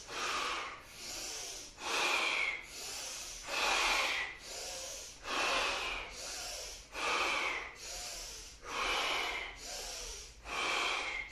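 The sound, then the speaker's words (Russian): Forceful, rhythmic breaths pushed through the nose during a guided breathing exercise, about a dozen sharp, hissing bursts at a steady pace of roughly one per second, each loud and breathy with no talking. “Дышим, дышим.”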